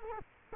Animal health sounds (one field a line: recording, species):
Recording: mosquito wingbeat signal from an infrared sensor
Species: Culex quinquefasciatus